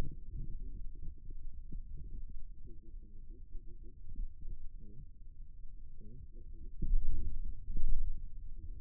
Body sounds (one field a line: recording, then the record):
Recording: forearm muscle sounds (acoustic myography)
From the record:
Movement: radial deviation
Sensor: system 2, bracelet of six BSWA MPA416 microphones around the upper forearm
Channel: 3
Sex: male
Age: 22 years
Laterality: right